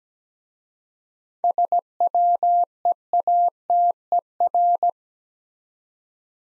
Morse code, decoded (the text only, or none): SWEATER